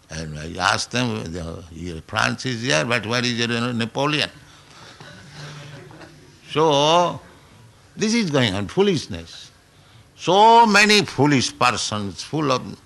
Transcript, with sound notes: And I asked them that "Your France is here, but where is your Napoleon?" [laughter] So this is going on, foolishness, so many foolish persons, full of...